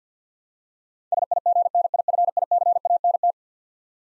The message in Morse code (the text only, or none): SIGNIFICANT